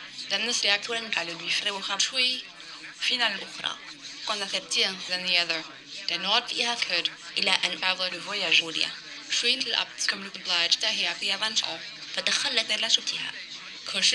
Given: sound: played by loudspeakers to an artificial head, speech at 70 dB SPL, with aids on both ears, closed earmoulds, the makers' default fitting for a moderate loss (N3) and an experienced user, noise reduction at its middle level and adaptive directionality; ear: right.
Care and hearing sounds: speech test signal (ISTS) in cocktail-party noise; +9 dB; on the right (90 degrees)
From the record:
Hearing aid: class 1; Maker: B

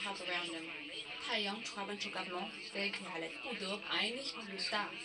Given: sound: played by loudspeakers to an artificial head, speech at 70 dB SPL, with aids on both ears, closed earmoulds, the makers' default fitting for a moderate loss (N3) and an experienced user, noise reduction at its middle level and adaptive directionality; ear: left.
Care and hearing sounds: speech test signal (ISTS) in cocktail-party noise; +9 dB; on the right (90 degrees)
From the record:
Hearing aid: class 2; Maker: C

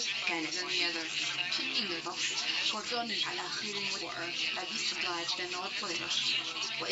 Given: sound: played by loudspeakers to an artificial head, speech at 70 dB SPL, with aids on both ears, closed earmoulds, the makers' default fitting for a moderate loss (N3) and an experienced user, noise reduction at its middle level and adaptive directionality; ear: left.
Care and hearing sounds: speech test signal (ISTS) in cocktail-party noise; +6 dB; on the right (90 degrees)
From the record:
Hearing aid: class 1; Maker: A

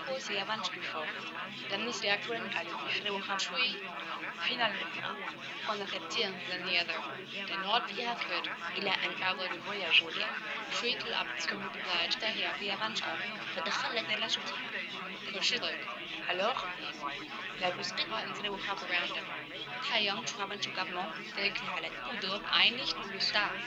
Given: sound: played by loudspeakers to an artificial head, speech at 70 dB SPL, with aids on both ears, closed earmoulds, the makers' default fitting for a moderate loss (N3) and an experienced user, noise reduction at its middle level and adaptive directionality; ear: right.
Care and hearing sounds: speech test signal (ISTS) in cocktail-party noise; -6 dB; on the right (90 degrees)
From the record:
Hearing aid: class 1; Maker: F

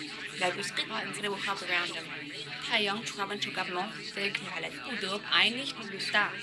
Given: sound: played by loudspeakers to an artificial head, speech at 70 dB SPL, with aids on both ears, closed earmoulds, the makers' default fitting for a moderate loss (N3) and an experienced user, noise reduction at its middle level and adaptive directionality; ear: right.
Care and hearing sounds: speech test signal (ISTS) in cocktail-party noise; 0 dB; in front (0 degrees)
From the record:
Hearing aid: class 1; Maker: E

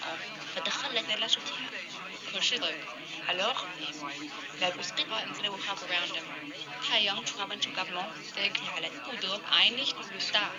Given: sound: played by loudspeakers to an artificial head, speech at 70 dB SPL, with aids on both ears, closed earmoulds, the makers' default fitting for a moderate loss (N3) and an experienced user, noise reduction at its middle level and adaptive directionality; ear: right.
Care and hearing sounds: speech test signal (ISTS) in cocktail-party noise; -3 dB; on the right (90 degrees)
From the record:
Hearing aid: class 1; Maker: G

